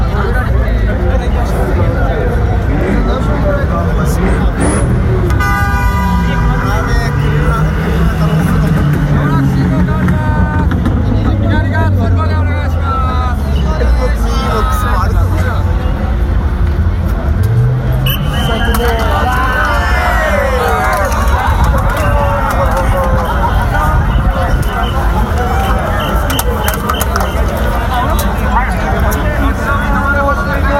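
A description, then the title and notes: A dense crowd fills a busy city crossing on Halloween night, voices chattering and calling out without pause. A horn sounds near the five-second mark, and a low vehicle engine rumbles and shifts through the middle. Later the chatter grows livelier, with shouts rising above it. Halloween Crowded at/around Shibuya Scrumble Crossing, (about)0:00 a.m. Recorded with my iPhone instantly! モノラル録音。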